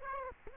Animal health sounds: mosquito wingbeat signal from an infrared sensor; Aedes aegypti

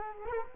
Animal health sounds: mosquito wingbeat signal from an infrared sensor; Culex quinquefasciatus

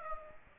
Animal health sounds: mosquito wingbeat signal from an infrared sensor; Aedes aegypti

